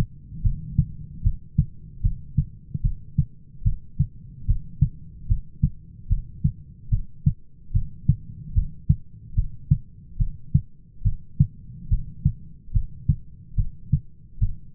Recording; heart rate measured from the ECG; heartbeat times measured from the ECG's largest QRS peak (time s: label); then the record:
heart sounds by stethoscope; 73 bpm
0.45 s: heartbeat
1.25 s: heartbeat
2.04 s: heartbeat
2.84 s: heartbeat
3.66 s: heartbeat
4.49 s: heartbeat
5.30 s: heartbeat
6.10 s: heartbeat
6.92 s: heartbeat
7.75 s: heartbeat
8.56 s: heartbeat
9.37 s: heartbeat
10.20 s: heartbeat
11.05 s: heartbeat
11.91 s: heartbeat
12.75 s: heartbeat
13.58 s: heartbeat
14.42 s: heartbeat
From the record:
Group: heart failure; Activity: rest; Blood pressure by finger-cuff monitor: 125/89 mmHg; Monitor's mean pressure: 103 mmHg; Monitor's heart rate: 73 bpm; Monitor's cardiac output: 6.6 L/min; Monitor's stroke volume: 90 mL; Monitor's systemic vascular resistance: 1150 dyn s/cm5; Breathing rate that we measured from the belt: 16 breaths a minute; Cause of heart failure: idiopathic cardiomyopathy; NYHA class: 1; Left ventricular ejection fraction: 50%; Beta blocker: bisoprolol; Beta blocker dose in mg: 5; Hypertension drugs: candesartan, spironolactone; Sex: male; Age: 54 years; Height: 180 cm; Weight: 94.6 kg